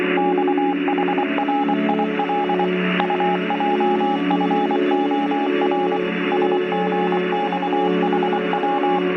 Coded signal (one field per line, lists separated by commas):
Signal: Morse code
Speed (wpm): 24 wpm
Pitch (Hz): 820 Hz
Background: radio noise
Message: XHRIL UJFOR SGXHW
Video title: Number Station: Live Broadcast 25.02.24 - Blending ambient melodies with amateur radio transmissions